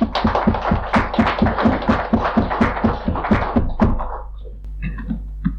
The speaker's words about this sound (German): Herzlichen Dank. Ich brauche mich nur dem Applaus Ihrerseits anzuschließen.